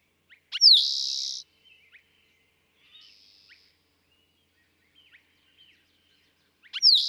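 Eastern towhee song: a sharp downslurred opening note leading into a strong buzzy trill, then soft chips and a quieter buzz, with the song starting again at the end.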